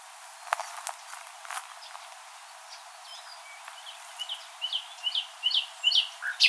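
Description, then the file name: Common nightingale song phrase: quiet scattered notes, then a run of loud chirps repeated about three times a second, growing louder toward the end. "Luscinia megarhynchos"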